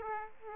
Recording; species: mosquito wingbeat signal from an infrared sensor; Aedes aegypti